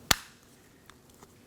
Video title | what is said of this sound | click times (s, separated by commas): How To Replace Radio Knobs & Buttons 2007 Chevy Silverado 1500 Classic | It just snaps in place. | 0.1 s